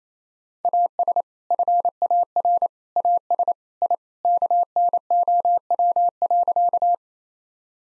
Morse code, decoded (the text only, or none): AS FAR AS I KNOW.